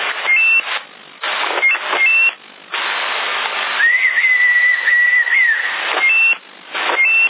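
Bursts of band-limited radio static hiss with thin, high whistling tones cutting through, a few short ones early on and a longer warbling whistle in the middle, with no talking.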